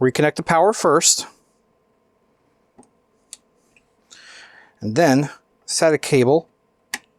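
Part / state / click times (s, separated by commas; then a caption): SATA cable connector into a drive port / seated / 6.9 s. Someone talks while a SATA cable's plastic connector is pushed into a drive port, with a few faint taps and a brief rustle in between. A single sharp snap at 6.9 s marks the connector clicking into place, seated.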